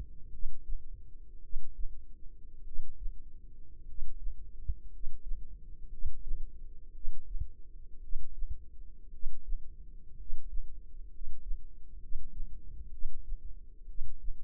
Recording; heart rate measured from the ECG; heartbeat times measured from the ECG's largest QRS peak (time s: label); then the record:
heart sounds by microphone in the left ear; 58 bpm
0.29 s: heartbeat
1.40 s: heartbeat
2.62 s: heartbeat
3.84 s: heartbeat
4.88 s: heartbeat
5.88 s: heartbeat
6.91 s: heartbeat
7.99 s: heartbeat
9.09 s: heartbeat
10.15 s: heartbeat
11.09 s: heartbeat
11.98 s: heartbeat
12.89 s: heartbeat
13.85 s: heartbeat
From the record:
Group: healthy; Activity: rest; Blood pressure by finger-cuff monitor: 105/53 mmHg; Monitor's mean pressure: 66 mmHg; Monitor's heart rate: 62 bpm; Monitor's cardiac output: 5 L/min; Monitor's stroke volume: 86 mL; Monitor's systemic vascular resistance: 920 dyn s/cm5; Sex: male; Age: 25 years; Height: 170 cm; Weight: 70.4 kg